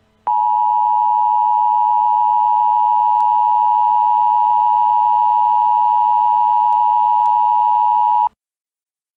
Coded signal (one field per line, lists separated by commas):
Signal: Emergency Alert System (SAME) tones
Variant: 853 and 960 Hz attention tone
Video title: Twisted Metal 1 : an EAS Scenario